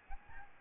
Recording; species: mosquito wingbeat signal from an infrared sensor; Aedes albopictus